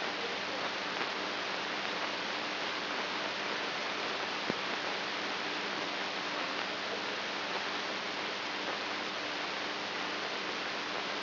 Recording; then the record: brain microelectrode recording played as sound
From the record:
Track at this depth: outside the subthalamic nucleus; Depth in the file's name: 5.512 mm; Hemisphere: right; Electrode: 2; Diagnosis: Parkinson's disease